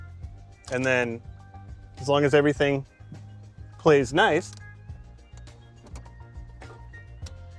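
A quick-latch hood pin is handled and pushed back toward its hood-mounted receiver while someone talks over background music, with a few faint, short ticks near the end. The pin has not seated or clicked into the receiver yet.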